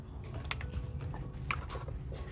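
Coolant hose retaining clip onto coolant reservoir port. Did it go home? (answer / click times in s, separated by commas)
yes / 0.5 s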